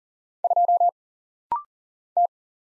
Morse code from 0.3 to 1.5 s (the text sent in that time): 2